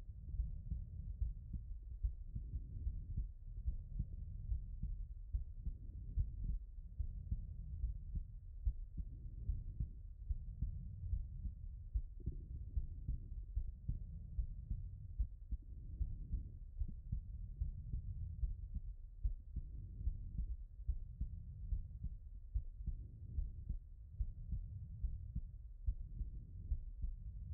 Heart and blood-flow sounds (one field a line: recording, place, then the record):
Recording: heart sounds by stethoscope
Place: pulmonary valve (PV)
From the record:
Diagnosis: non-HFrEF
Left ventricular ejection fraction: 64%